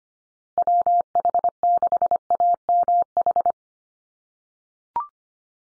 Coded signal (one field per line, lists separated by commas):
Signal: Morse code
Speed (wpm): 25 wpm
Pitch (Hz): 700 Hz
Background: none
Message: WH6AMH